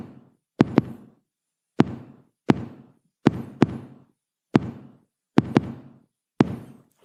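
Drummed imitation of atrial fibrillation in an adult heart: totally irregular, disordered rhythm of knock-like beats at uneven intervals, some close together and some widely spaced, unlike the regular rhythm of sinus rhythm.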